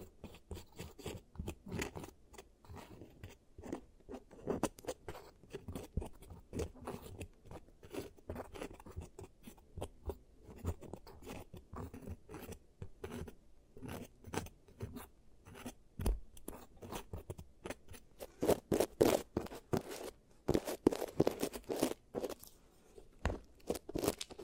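Giant teeth treatment sounds: a dense run of sharp clicks, crunches and scrapes, fired off rapidly and irregularly across the whole clip. Most hits are short and crisp, with a low thud under each. Louder, fuller bursts cluster around 18 to 22 seconds.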